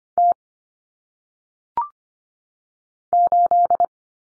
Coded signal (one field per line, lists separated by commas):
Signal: Morse code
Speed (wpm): 25 wpm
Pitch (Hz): 700 Hz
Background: none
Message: T 8